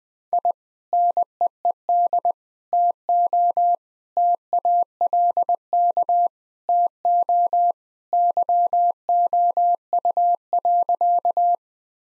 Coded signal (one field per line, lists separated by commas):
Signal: Morse code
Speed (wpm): 20 wpm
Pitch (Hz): 700 Hz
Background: none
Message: I NEED TO TALK TO YOU.